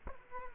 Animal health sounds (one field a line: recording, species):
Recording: mosquito wingbeat signal from an infrared sensor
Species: Culex quinquefasciatus